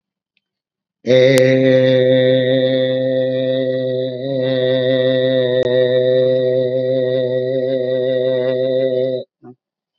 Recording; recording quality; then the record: sustained vowel as in made; excellent, no background noise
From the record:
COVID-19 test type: RT-PCR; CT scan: not taken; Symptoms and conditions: hypertension, diabetes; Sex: male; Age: 65 years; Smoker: yes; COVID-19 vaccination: both doses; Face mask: worn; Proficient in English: yes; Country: India